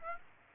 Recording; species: mosquito wingbeat signal from an infrared sensor; Aedes aegypti